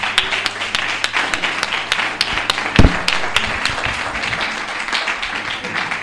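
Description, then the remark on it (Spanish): A crowd applauds three girls steadily for about six seconds, dense overlapping claps with sharp individual hits standing out, a heavier thump landing midway, and a low hum underneath. “Venga, ese aplauso a estas tres chicas.”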